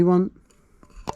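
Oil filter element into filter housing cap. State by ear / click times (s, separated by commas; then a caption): seated / 1.1 s. A new paper oil filter element is pushed onto the plastic filter housing cap of an Audi TT 2.0 TDI 170 bhp during an oil change with a flush. Someone talks briefly at the start, then after a quiet pause a faint tap comes at 0.8 s and a sharp click at 1.1 s as the element snaps into place on the cap.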